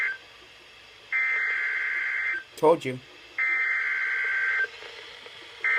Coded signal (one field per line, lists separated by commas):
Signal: Emergency Alert System (SAME) tones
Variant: header bursts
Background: speech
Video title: (DOUBLE HEADER) Severe Thunderstorm Warning+ Watch (5/30/17) (EAS #142-143)